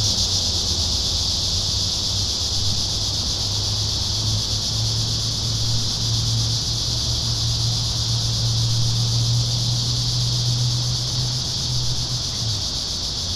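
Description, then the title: Cicada chorus as a continuous shrill buzz, joined by a low droning hum like a passing engine that swells and fades near the end. Cicadas in town. "neoscenes: cicadas in town"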